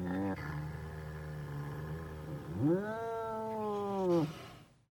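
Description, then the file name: Domestic cat giving a low, drawn-out moaning call that swells into a loud, rising then falling meow held for over a second before fading. "gatti cats"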